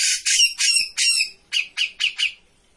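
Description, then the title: Grey-cheeked bulbul giving several harsh, noisy squawks followed by four shorter, sharper notes. Bird-training master recording of an actively singing (gacor) cucak jenggot. "Cucak Jenggot Gacor. Masteran burung cucak jenggot ! Suaka burung"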